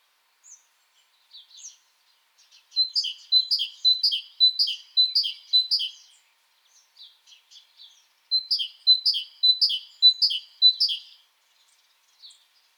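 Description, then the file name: Great tit song: scattered single notes lead into two bursts of quickly repeated two-note phrases, high and ringing, with brief pauses between. "Parus major"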